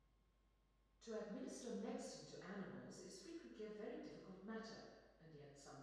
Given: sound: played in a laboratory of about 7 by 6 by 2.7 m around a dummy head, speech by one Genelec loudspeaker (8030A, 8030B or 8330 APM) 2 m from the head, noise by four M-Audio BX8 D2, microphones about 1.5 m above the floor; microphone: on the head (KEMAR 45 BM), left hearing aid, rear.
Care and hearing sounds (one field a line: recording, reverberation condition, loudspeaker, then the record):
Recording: female speech in English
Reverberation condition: high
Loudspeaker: 90 degrees to the right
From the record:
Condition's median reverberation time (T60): about 1300 ms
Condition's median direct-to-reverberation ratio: about -4.0 dB